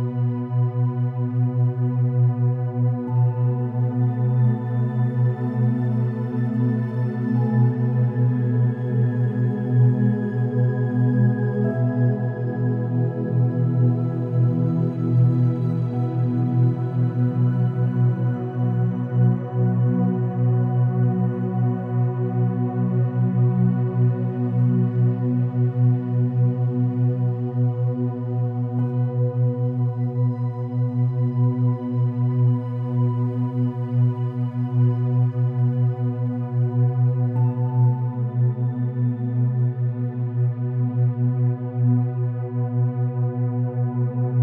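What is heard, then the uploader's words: Ambient music built on a steady low hum, with a constant drone holding the bottom throughout. Soft sustained tones layer above it, shifting slowly with gentle bell-like swells around 3, 12 and 38 seconds. Loudness stays even, with no beat or sharp events. Binaural Beats Theta Waves - Ambient Music with Binaural Theta Waves.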